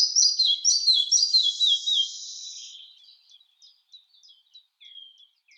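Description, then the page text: Red-breasted flycatcher song opening with a rapid string of loud repeated high notes for two seconds, then trailing off into faint scattered chips and short whistles. "Ficedula parva - Мухоловка малая"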